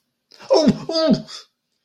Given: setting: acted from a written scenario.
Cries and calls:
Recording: vocal sound without words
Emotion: fear

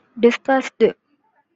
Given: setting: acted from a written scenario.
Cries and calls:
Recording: vocal sound without words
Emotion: disgust

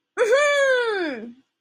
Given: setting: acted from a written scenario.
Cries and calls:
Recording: vocal sound without words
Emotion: triumph

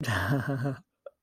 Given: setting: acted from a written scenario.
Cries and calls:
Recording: vocal sound without words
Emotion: amusement

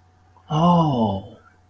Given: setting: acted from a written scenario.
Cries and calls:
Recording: vocal sound without words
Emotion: sympathy

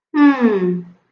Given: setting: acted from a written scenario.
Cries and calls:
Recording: vocal sound without words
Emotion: contempt

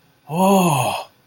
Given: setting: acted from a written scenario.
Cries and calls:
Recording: vocal sound without words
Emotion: awe

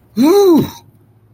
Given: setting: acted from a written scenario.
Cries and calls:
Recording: vocal sound without words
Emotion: triumph

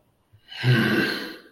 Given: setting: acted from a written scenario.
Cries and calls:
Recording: vocal sound without words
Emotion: contempt

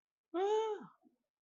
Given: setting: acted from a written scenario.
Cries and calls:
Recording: vocal sound without words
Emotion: fear

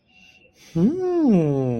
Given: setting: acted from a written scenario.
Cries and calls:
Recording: vocal sound without words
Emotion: romantic love

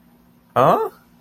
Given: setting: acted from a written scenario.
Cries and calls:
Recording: vocal sound without words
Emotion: confusion

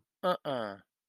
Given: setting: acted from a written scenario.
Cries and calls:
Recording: vocal sound without words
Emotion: guilt

